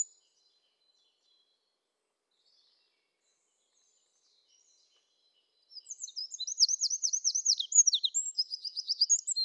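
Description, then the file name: Eurasian wren song: long silence, then a burst of rapid, high trills and warbling notes that runs to the end. "Troglodytes troglodytes"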